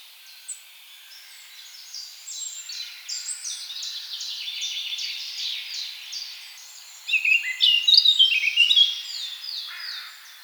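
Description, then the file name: Eurasian blackcap song: a long, quiet twittering warble building into a loud, rich burst of clear whistled notes near the end. "Sylvia atricapilla"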